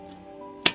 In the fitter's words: click it's got a really nice click on it